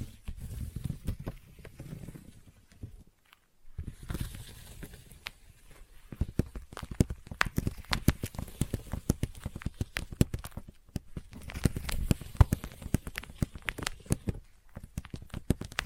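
Sticky tapping in dense, quick bursts of sharp clicks and snaps, with a soft low rustle underneath. The taps come irregularly, thinner in the first few seconds and busiest from about six seconds on, broken by brief silent gaps near four, eleven and fifteen seconds.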